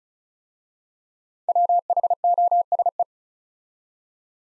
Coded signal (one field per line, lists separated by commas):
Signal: Morse code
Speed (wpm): 36 wpm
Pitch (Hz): 700 Hz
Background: none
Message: WHOSE